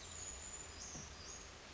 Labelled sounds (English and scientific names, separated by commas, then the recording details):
Brown Creeper (Certhia americana)
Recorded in Sonoma County, California